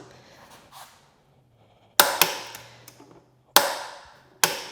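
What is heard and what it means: A click-type torque wrench tightens another sissy bar mounting bolt on a 2020 Low Rider S to 27 ft-lb. After a quiet stretch, loud, sharp clicks ring out at 2.0, 3.6 and 4.4 seconds, confirming the wrench reached its setting.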